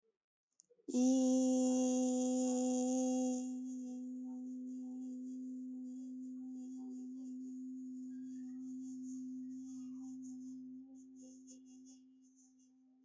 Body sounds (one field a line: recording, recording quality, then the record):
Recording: sustained vowel as in beet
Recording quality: excellent, no background noise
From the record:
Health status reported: healthy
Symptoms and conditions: none ticked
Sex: female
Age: 19 years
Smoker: not ticked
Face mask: not worn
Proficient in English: yes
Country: India